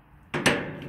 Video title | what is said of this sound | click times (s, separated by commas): Reinigungsposition Messkolben Abwieger Werner & Pfleiderer Parta SN | wird der arm wieder herunter geschwenkt und über den hebel eingerastet | 0.3 s, 0.5 s